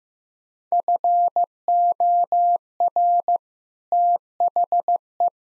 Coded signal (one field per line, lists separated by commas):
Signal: Morse code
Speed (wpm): 15 wpm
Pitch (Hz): 700 Hz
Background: none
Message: FOR THE